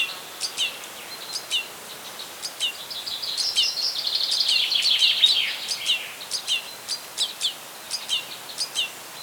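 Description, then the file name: Red crossbill calls: short, hard chip notes repeated in quick bursts, swelling briefly into a busier twittering chorus midway. Pine wood along Camí de s'Arxiduc, 21 June 2015, 11 h. "Pinar-1 Trencapinyes Camí-de-s Arxiduc 150621 11 h"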